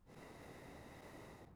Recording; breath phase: one breath near a microphone; exhalation